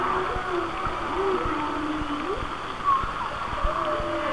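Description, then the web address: Whale song: a long moaning tone that bends up partway through, with fainter whistles above and scattered clicks. "Whale Songs Whale Songs"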